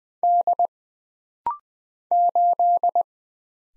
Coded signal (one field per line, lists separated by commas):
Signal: Morse code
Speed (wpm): 20 wpm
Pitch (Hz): 700 Hz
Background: none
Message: D 8